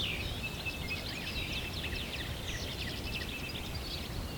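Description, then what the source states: Birds twittering in a dense run of rapid high chirps and trills, over a steady low background rumble. Recorded at sunrise.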